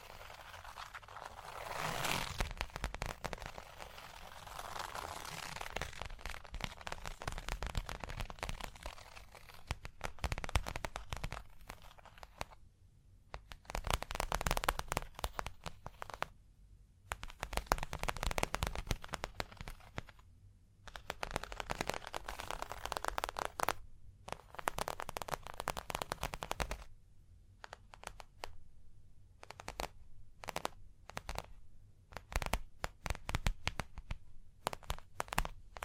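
Tapping, scratching and tracing on a surface, in dense runs of quick, crisp clicks and rasps that stop and start every few seconds with short silent gaps. The sound is bright and crackly over a faint low hum, swelling in longer scratchy passages around the middle.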